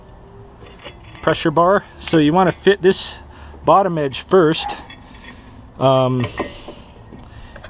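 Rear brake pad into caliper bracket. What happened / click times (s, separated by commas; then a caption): The pad did not click into its bracket / none. Someone talks while a rear brake pad with its edge lip and pressure bar is fitted bottom edge first and pressed into the caliper bracket. A few light contact taps come near the end, around 7.6 to 7.7 seconds. The pad has not clicked into place, because it will not push in past the secondary pistons that must be fitted back behind it.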